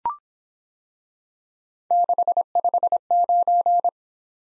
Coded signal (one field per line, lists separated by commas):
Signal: Morse code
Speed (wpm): 25 wpm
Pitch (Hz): 700 Hz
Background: none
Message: 659